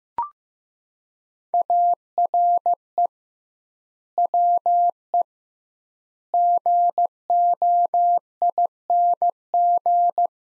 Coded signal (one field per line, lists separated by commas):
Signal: Morse code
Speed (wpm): 15 wpm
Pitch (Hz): 700 Hz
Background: none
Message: ARE WE GOING